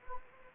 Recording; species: mosquito wingbeat signal from an infrared sensor; Anopheles gambiae